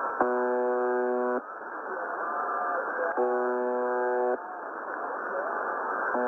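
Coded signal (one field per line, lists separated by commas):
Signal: channel marker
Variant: UVB-76, The Buzzer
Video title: 6998 Khz USB Russian Buzzer,using WebSDR UVB-76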